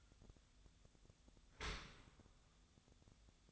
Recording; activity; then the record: daily activity, microphone in the room; open dishwasher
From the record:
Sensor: 3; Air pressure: 1004.6 hPa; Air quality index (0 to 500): 110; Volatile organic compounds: 5 ppm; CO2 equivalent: 1726 ppm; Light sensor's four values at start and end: 7/17/7/6 and 7/17/7/6